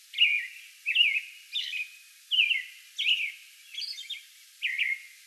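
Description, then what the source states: American robin song: several clear whistled phrases in steady succession, with one higher, squeakier phrase among them. Song bout recorded May 11.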